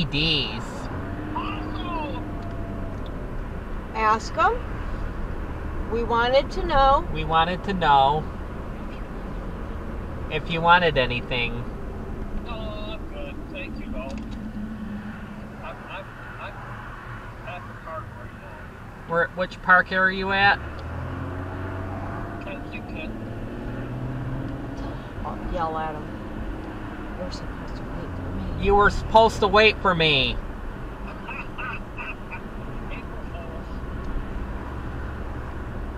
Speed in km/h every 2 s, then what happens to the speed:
56, 56, 58, 63, 63, 63, 50, 29, 16, 11, 13, 26, 37, 42, 47, 48, 48, 50.
0-5 speeds up to 63. 5-10 steady at about 63. 10-18 brakes to 11. 18-29 speeds up to 48. 29-36 steady at about 48.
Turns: none.